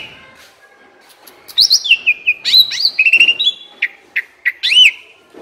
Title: Masteran Jalak Suren AMPUH Dan EFEKTIF Atasi Burung KURANG GACOR Dan LOYO